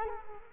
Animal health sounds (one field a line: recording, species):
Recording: mosquito wingbeat signal from an infrared sensor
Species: Culex quinquefasciatus